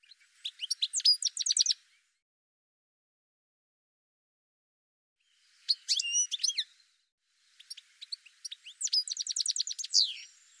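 Bird singing high, twittering bursts of fast trilled notes in three phrases, the first set apart from the others by a long silence.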